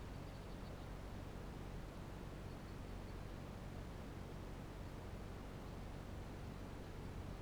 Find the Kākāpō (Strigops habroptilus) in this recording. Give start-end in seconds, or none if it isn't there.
none